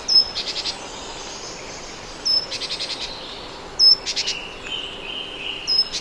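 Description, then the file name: Great tit call: a sharp high note followed by a short burst of harsh buzzy chattering notes, given twice, then further sharp high notes and a thin drawn-out whistle. "Parus major"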